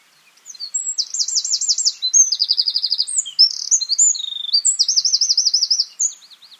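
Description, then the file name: Eurasian wren song, a loud rapid outpouring of high trills and rattles lasting about five seconds, several fast repeated-note sections switching pitch. "Troglodytes troglodytes"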